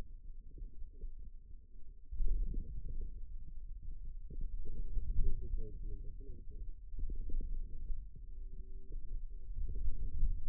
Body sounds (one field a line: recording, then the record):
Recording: forearm muscle sounds (acoustic myography)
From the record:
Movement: wrist extension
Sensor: system 2, bracelet of six BSWA MPA416 microphones around the upper forearm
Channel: 4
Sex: male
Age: 22 years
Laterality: right